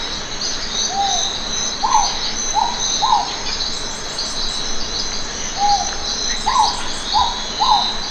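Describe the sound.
Philippine hawk-owl giving short hooting notes in two bursts of four notes each, over a steady high-pitched insect chorus.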